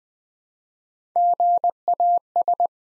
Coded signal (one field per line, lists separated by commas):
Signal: Morse code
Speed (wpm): 20 wpm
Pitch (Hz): 700 Hz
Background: none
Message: GAS